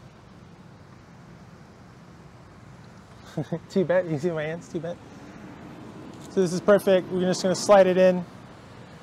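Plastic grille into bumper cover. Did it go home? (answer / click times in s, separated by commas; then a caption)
no / none. A plastic grille is being slid into the front bumper cover of a 2013-2015 Toyota Avalon during front bumper installation. A low, steady background rumble runs throughout, and someone talks from about 3.3 to 5 seconds and again from 6.4 to 8.2 seconds. The grille is only being handled, and nothing has seated or snapped yet.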